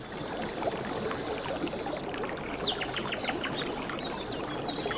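Steady rushing water fills the background of a forest with a broad, continuous hiss while several birds chirp and trill in short, high-pitched bursts above it; no one speaks.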